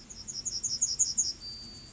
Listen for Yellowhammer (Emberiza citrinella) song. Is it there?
yes